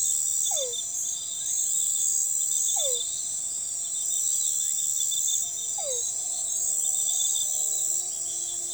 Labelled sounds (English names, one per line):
none